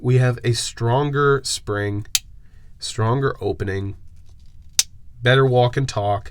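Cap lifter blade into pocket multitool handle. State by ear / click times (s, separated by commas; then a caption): seated / 4.8 s. A cap lifter blade on a pocket multitool with a stronger spring than the older model snaps shut into the handle with a sharp click at 4.8 s. Someone talks before and after, and a few faint ticks come just before the click.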